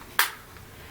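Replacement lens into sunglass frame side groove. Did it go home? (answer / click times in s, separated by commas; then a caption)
yes / 0.2 s. A replacement lens is pushed into the side groove of an Oakley Batwolf sunglass frame by pressing down on the side section of the frame. A single sharp, bright pop sounds at 0.2 s as the lens pops into place and seats.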